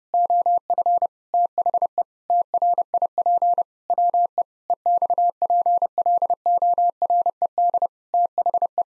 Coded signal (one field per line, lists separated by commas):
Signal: Morse code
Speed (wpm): 30 wpm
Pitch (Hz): 700 Hz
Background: none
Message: OF THE TRIP WE EXPLORED THE